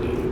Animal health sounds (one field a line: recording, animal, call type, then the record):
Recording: contact call of a hoofed animal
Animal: pig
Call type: closed-mouth grunt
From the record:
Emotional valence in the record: positive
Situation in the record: food and toys in familiar pen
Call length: 0.32 s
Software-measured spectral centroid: 1470 Hz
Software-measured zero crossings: 790 a second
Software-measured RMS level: -24 dBFS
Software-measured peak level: -14 dBFS